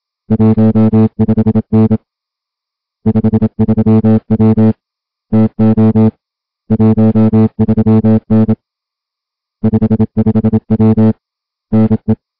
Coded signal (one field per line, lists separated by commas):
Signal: Morse code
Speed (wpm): 27 wpm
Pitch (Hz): 220 Hz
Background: music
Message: 15N 53W TO 13N 55W NE